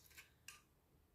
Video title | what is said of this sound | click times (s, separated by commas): SUNDAY THRIFTING + HAUL | it opens and closes and locks into place | 0.5 s